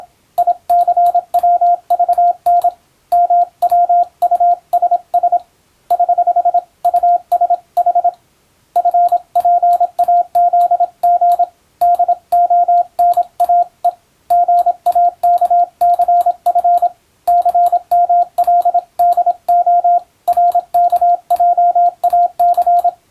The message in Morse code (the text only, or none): ICWVN MWUSS <HH> USH FPAZG DONAE GAKCF CMLDO RKJAC